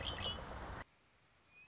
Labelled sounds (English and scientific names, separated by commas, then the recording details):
Red-winged Blackbird (Agelaius phoeniceus)
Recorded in Sonoma County, California